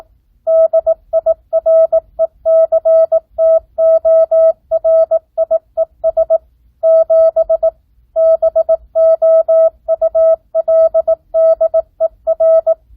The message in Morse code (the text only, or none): DIRECTORIES 7 BOULDER